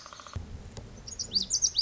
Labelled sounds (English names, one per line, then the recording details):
Lazuli Bunting
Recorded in Sonoma County, California